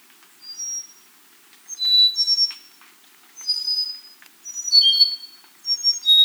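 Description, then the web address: Andean solitaire song of clear, flute-like high whistles, brief tumbling phrases with short gaps between them. "S America Andean Solitaire (Myadestes"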